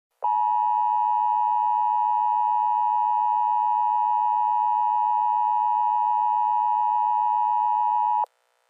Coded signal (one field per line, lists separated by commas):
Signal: Emergency Alert System (SAME) tones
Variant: 853 and 960 Hz attention tone